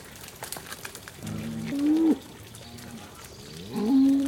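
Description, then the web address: Cattle mooing: two low, drawn-out moos, one near two seconds and another at the end. Walking down a muddy lane, lots of moos, close perspective. "BBC Cattle. walking down muddy lane lots of moos close perspective"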